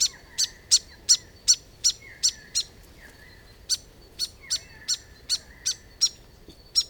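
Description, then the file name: Grey fantail with high sharp chips, roughly two to three per second with one brief pause, accompanied by thin sliding notes. "Rhipidura Albiscapa"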